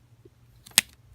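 A metal locking piece is pushed into a car door keyhole (lock cylinder) housing. A sharp metal snap is heard at 0.8 s, with a few faint ticks around it, and the piece is seated in place.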